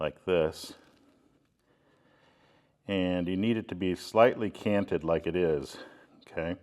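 A plastic fitting is lined up on a fabric edge with a rope sewn in, flat side going in first and angled slightly, ready to be pulled so it snaps home. Someone talks over faint handling sounds, with a quiet pause from about 1.0 to 2.8 seconds. Nothing has snapped into place yet.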